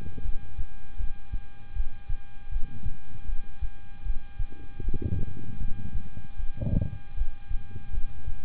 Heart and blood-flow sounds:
heart sounds by stethoscope; between the tricuspid and mitral areas; 78 bpm
0.22 s: heartbeat
0.97 s: heartbeat
1.74 s: heartbeat
2.50 s: heartbeat
3.26 s: heartbeat
4.03 s: heartbeat
4.82 s: heartbeat
5.58 s: heartbeat
6.37 s: heartbeat
7.15 s: heartbeat
7.91 s: heartbeat
From the record:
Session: rest, lying down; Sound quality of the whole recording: good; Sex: male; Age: 26 years

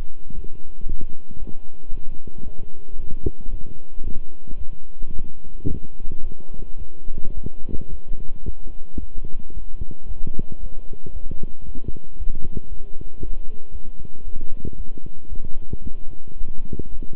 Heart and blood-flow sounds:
heart sounds by stethoscope; between the tricuspid and mitral areas; 112 bpm
0.34 s: heartbeat
0.86 s: heartbeat
1.38 s: heartbeat
1.90 s: heartbeat
2.42 s: heartbeat
2.95 s: heartbeat
3.48 s: heartbeat
4.02 s: heartbeat
4.56 s: heartbeat
5.11 s: heartbeat
5.66 s: heartbeat
6.21 s: heartbeat
6.77 s: heartbeat
7.33 s: heartbeat
7.88 s: heartbeat
8.43 s: heartbeat
8.98 s: heartbeat
9.52 s: heartbeat
10.06 s: heartbeat
10.59 s: heartbeat
11.11 s: heartbeat
11.64 s: heartbeat
12.16 s: heartbeat
12.67 s: heartbeat
13.19 s: heartbeat
13.71 s: heartbeat
14.23 s: heartbeat
14.75 s: heartbeat
15.28 s: heartbeat
15.81 s: heartbeat
16.36 s: heartbeat
16.89 s: heartbeat
From the record:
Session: walking at 3.7 km/h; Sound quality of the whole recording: good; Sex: male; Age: 26 years

